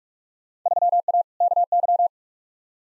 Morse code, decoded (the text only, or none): 3A KY